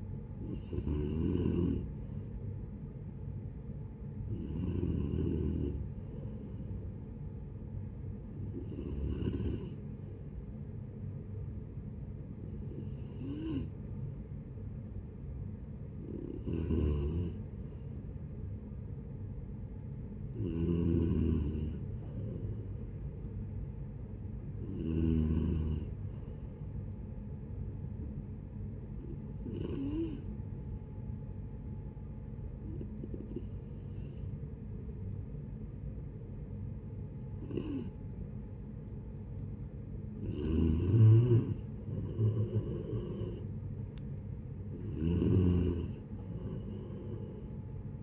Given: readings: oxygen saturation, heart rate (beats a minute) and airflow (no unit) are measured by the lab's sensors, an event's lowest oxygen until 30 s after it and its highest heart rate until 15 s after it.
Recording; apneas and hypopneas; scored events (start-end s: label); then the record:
breathing in sleep by a smartphone at the bedside; 1
28.00-38.90 s: hypopnea (N3, oxygen 93% highest, then 89% lowest, heart rate 75 at the start, 75 highest)
From the record:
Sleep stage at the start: N3 (deep sleep); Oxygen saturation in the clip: 91 to 93%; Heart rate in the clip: 65 to 76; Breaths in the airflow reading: 12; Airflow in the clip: -10.8 to 10.0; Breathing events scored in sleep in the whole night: 496 in 5.4 hours asleep